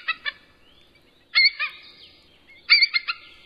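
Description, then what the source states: Bald Eagle calling: thin, high chittering bursts of quick piping notes, in three separate groups with pauses between them. Bald eagle call, played as its case to be the national symbol; hosts find it underwhelming and less quiet than the golden eagle.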